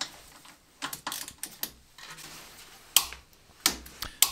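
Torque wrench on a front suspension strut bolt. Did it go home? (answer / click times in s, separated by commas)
yes / 4.2 s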